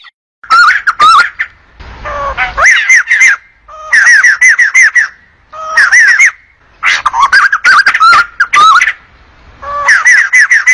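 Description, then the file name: Bulbul song with short bursts of chirpy, slurred whistles, repeated in clusters separated by brief pauses, loud and slightly distorted. Bird singing and calling. "Tieng chim Bo Chao hot keu"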